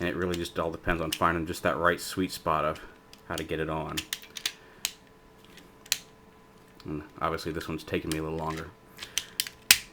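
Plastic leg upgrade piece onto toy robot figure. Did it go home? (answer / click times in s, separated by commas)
yes / 9.7 s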